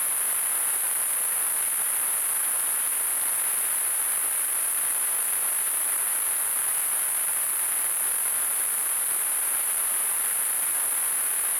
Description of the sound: Tinnitus.